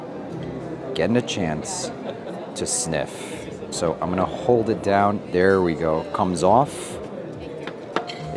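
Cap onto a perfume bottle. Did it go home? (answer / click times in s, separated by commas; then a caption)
yes / 8.0 s. Someone talks while pressing down on the cap of a perfume bottle and taking it off, then pushes the cap back on. A short, sharp click at 8.0 s is the cap snapping into place on the bottle, seated.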